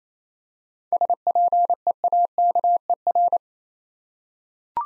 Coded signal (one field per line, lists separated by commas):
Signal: Morse code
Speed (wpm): 27 wpm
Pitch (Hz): 700 Hz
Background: none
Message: SPEAKER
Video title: Easy Words with Hints - 28wpm